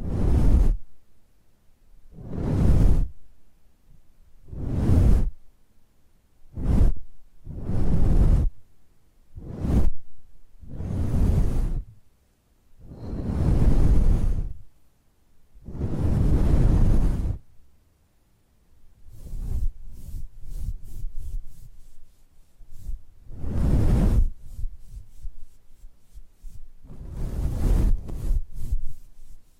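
Face brushing in soft, rhythmic swishing strokes, each lasting about a second, with short pauses, then quicker, choppier flicks after twenty seconds.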